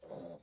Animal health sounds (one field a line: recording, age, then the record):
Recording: pig call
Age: piglet (1 to 25 days)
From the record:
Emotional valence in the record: negative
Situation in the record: restrain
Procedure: back test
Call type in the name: low-frequency call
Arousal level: maximum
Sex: male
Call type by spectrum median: low-frequency call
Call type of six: low-frequency stable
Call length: 0.43 s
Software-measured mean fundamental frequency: 80 Hz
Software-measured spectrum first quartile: 419 Hz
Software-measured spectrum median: 602 Hz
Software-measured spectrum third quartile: 1532 Hz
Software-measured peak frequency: 559 Hz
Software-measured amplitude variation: 173 dB a second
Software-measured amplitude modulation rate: 21.0 a second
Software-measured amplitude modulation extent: 8.2 dB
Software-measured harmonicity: 4.6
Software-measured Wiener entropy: -1.54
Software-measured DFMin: 1468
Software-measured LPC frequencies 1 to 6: 560, 4374, 5391, 6513, 7987, 10167 Hz